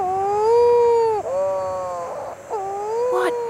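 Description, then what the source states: Shearwater moaning: long, wailing notes with rich harmonics, broken by brief dips and short rasping bursts. Mutton bird (shearwater) just crash-landed after sunset on a tiny grassy island off the coast of Australia, moaning like it's stubbed its toe.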